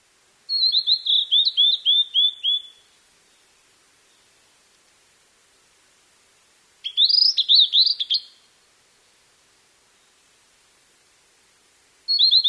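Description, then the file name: Blue-and-white flycatcher song: two clear whistled phrases of high notes, the first descending, then a third phrase starting at the end, with silent gaps between. "ooruri"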